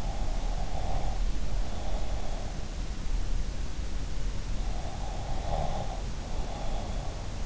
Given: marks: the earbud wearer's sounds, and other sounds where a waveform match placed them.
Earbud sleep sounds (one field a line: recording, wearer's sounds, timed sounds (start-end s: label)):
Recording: sounds in sleep by an in-ear microphone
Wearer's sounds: breath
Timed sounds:
0.00-2.53 s: breath
4.67-7.15 s: breath